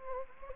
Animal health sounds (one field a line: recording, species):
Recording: mosquito wingbeat signal from an infrared sensor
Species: Anopheles gambiae